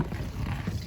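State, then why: Not seated. A quick-connect water hose coupling on a 2014 Golfstream Serenity is handled at the trailer's water inlet fitting, with its collar pulled back so the fitting can be pressed on to lock in. Only low, rumbling handling noise is heard, with no sharp transients. The clip ends before the part goes home, and nothing has seated or clicked yet.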